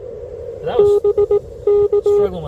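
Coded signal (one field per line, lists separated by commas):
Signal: Morse code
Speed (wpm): 19 wpm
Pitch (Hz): 410 Hz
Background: speech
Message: B K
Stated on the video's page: Full-length CW POTA park activation from a vehicle with a Yaesu FT-857, Radioddity HF-009 antenna, LiFePO4 battery and Putikeeg key.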